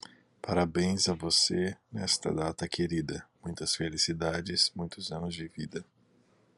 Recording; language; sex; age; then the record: short text; Brazilian Portuguese; male; 30 to 39 years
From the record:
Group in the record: control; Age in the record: 32 years